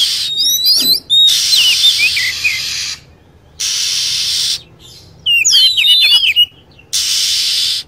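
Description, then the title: Lovebird calls: shrill whistled notes and tangled chirping phrases between several loud bursts of hissing noise. Lure sound used to attract lovebirds. "PIKAT BURUNG LOVEBIRD"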